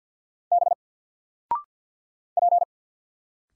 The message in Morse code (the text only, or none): B P